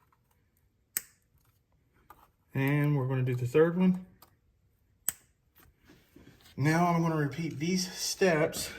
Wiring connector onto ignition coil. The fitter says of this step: When you hear that little click, you know it's on there. See, listen.